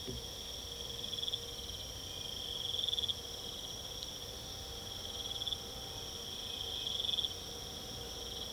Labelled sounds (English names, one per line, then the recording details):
none
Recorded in pastures near Puerto Asís, Putumayo, Colombia, on 22 December 2024 at 04:00
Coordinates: 0.486, -76.323
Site GP01